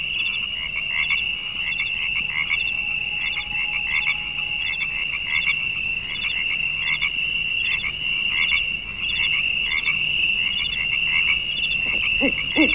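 Frog calls, rapid trains of clicking pulses recurring throughout, with a steady high whine and a brief lower croak near the end.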